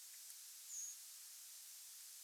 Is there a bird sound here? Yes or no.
yes